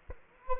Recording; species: mosquito wingbeat signal from an infrared sensor; Culex quinquefasciatus